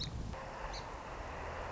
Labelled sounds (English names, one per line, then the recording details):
Song Sparrow
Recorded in Sonoma County, California